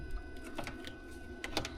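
The rear trunk carpet trim piece of a Tesla Model Y Juniper is handled and pushed down after a hitch install, so its plastic clips can snap into the car body. Light tapping and rustling handling sounds are heard, with brief bursts near 0.6 s and 1.6 s. Nothing has seated or clicked yet.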